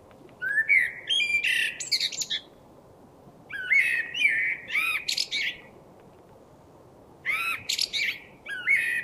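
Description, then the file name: Common blackbird song: three separate phrases, each a low mellow fluted warble ending in a thin, squeaky high twitter, with pauses of one to two seconds between them and a faint steady hiss. "Turdus merula"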